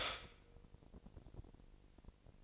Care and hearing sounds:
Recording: daily activity, microphone in the room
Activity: stop toaster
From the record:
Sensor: 5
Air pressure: 1007.2 hPa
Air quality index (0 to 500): 128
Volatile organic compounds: 1 ppm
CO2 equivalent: 974 ppm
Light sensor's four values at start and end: 25/57/23/23 and 25/57/23/23

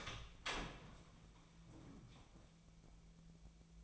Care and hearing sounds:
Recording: daily activity, microphone in the room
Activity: open door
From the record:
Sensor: 1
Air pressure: 1000.5 hPa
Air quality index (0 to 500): 181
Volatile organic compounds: 4 ppm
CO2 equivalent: 1672 ppm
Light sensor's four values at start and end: 12/29/12/14 and 12/29/12/14

